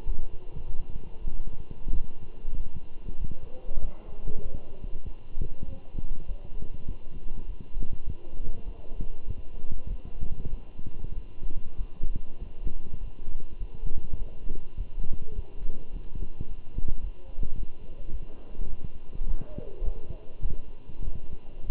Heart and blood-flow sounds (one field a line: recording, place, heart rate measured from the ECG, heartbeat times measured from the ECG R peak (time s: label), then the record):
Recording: heart sounds by stethoscope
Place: between the tricuspid and mitral areas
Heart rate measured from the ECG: 100 bpm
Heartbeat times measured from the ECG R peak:
0.06 s: heartbeat
0.68 s: heartbeat
1.31 s: heartbeat
1.94 s: heartbeat
2.56 s: heartbeat
3.19 s: heartbeat
3.82 s: heartbeat
4.43 s: heartbeat
5.05 s: heartbeat
5.67 s: heartbeat
6.28 s: heartbeat
6.88 s: heartbeat
7.47 s: heartbeat
8.06 s: heartbeat
8.65 s: heartbeat
9.27 s: heartbeat
9.89 s: heartbeat
10.50 s: heartbeat
11.15 s: heartbeat
11.78 s: heartbeat
12.39 s: heartbeat
13.00 s: heartbeat
13.59 s: heartbeat
14.19 s: heartbeat
14.77 s: heartbeat
15.35 s: heartbeat
15.92 s: heartbeat
16.48 s: heartbeat
17.03 s: heartbeat
17.57 s: heartbeat
18.12 s: heartbeat
18.69 s: heartbeat
19.27 s: heartbeat
19.84 s: heartbeat
20.42 s: heartbeat
21.04 s: heartbeat
21.66 s: heartbeat
From the record:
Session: walking at 3.7 km/h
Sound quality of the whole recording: good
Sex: male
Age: 24 years